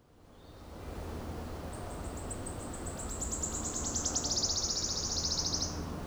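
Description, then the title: Wood Warbler song: a run of high ticking notes speeding up into a long, shivering trill, over a steady low rumble. Solo singer in a soundscape on leaving a cave near Alléves, France; light wind in the foliage and road noise. "Alléves, France - Pouillot siffleur"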